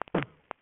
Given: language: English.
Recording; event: throat vibration sensor signal played as sound; cough